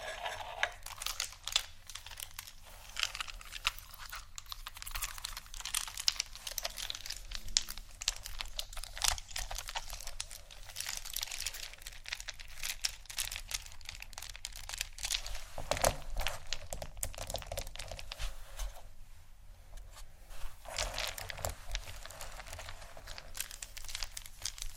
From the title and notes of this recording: ASMR 4 Textured Bags 1 Hour（No Talking）.